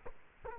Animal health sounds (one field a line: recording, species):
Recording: mosquito wingbeat signal from an infrared sensor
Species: Culex quinquefasciatus